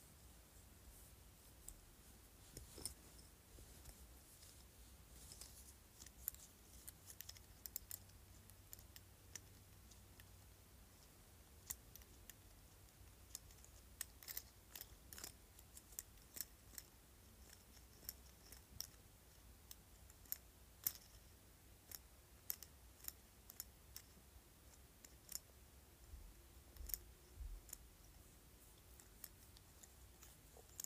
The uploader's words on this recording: ASMR Jade Roller.